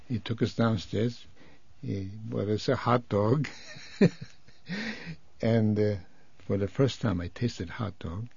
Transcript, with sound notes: He took us downstairs and bought us a hot dog. ( he laughs ) And, for the first time, I tasted a hot dog,